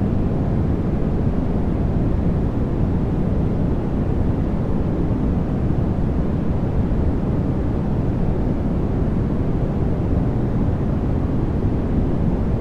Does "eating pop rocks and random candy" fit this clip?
no